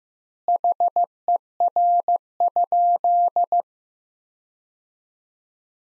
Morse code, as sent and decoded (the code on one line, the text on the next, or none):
.... . .-. ..--..
HER?